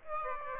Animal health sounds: mosquito wingbeat signal from an infrared sensor; Aedes aegypti

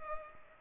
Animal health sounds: mosquito wingbeat signal from an infrared sensor; Culex pipiens

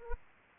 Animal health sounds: mosquito wingbeat signal from an infrared sensor; Aedes aegypti

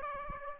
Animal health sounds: mosquito wingbeat signal from an infrared sensor; Aedes aegypti

